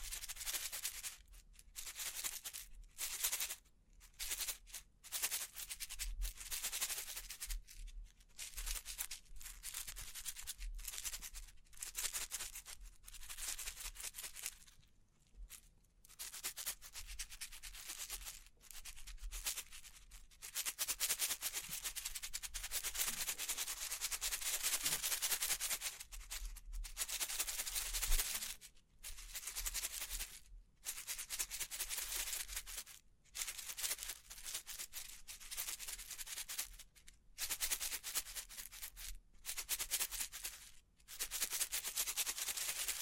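Bling bling triggers: bright, hissing rubbing and scratching sounds come in bursts, broken by short silent gaps about every second or two. The texture stays dense and crisp throughout, with a louder, fuller stretch between roughly 20 and 28 seconds.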